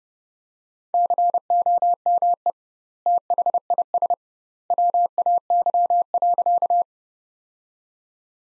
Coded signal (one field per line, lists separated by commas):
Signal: Morse code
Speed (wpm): 30 wpm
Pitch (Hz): 700 Hz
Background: none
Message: COME THIS WAY.